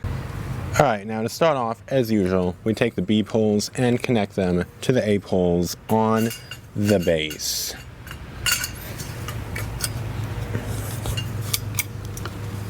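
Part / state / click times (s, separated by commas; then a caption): support pole into base pole of an animatronic prop frame / seated / 11.5 s, 11.8 s. Someone talks, then B support poles are pushed onto the A poles on the base of an animatronic Halloween prop's plastic/metal tube frame, with light handling clatter. Sharp snaps ring out at 11.5 s and 11.8 s as the poles lock into place, seated.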